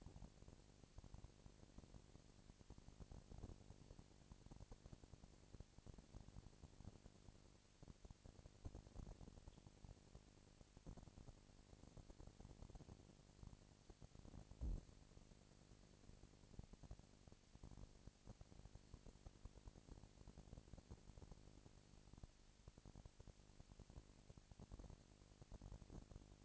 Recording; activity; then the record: daily activity, microphone in the room; no activity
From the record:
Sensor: 5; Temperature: 19.8 degrees Celsius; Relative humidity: 36.7%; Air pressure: 997.0 hPa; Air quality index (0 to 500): 169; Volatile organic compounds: 14 ppm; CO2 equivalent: 2440 ppm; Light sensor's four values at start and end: 2/3/1/1 and 2/3/1/1